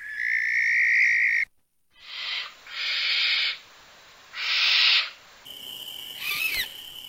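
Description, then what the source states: Barn owl screeches: harsh, hissing bursts, each about a second or less, repeated three times after a longer tonal note, with a thin whistle near the end. Played example of its song.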